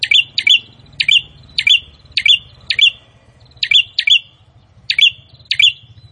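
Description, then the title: Prinia song: repeated sharp, high chirps, some in quick pairs, with a low rumbling hum underneath. Gacor (vigorous, constant) singing, meant to make a listener's own prinia more aggressive and more vocal. "Prenjak gacor. bikin prenjak ANDA semakin GANAS dan GACOR"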